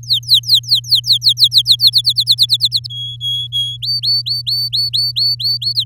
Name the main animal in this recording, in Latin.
Serinus canaria